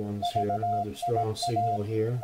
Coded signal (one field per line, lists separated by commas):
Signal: Morse code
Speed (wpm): 18 wpm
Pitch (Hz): 700 Hz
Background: speech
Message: VIA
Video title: Decoding CW with Multipsk and SDRplay RSPdx receiver on 7047505 KHz